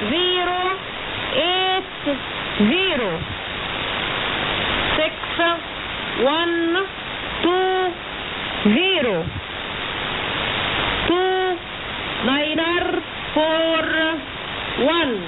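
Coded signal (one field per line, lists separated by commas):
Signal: numbers station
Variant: E25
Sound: short spoken words at roughly one-second intervals over a steady hiss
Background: radio static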